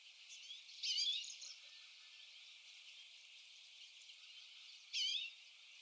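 Common redpoll giving two short, high, rising call notes, one near the first second and another about four seconds later, with soft background hiss.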